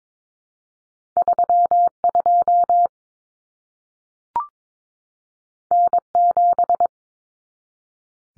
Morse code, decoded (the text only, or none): 32 N7